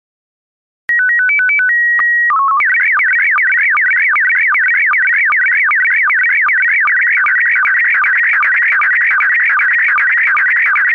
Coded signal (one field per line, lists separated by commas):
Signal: SSTV (slow-scan television)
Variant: PD 50